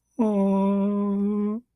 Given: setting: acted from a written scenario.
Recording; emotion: vocal sound without words; sadness